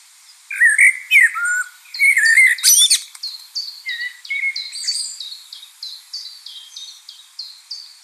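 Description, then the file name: Common blackbird song, rich fluty warbles followed by a shrill scratchy flourish and softer trailing notes, over a regular ticking series of high chirps from another bird. "Turdus merula"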